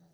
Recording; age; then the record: pig call; piglet (1 to 25 days)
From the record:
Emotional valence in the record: positive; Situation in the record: short reunion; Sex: male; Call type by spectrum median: low-frequency call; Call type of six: low-frequency stable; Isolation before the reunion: 3 minutes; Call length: 0.14 s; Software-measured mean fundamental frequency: 57 Hz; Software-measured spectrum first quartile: 174 Hz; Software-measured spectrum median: 370 Hz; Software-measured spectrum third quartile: 2027 Hz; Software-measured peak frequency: 168 Hz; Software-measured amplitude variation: 54 dB a second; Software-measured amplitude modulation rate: 11.0 a second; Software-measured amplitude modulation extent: 4.9 dB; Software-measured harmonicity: 9.4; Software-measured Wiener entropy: -2.38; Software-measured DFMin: 930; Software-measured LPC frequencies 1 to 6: 639, 1702, 2976, 3918, 4611, 5818 Hz